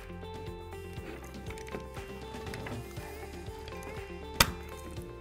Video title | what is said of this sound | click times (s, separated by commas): Astral Pool E-Series Chlorinators Disassembly Assembly | until it clicks in | 4.4 s